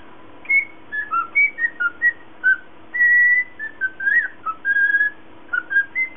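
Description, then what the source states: Cockatiel giving a tuneful run of short whistled notes, one longer held tone in the middle, against a faint steady hum. Lutino colour variety.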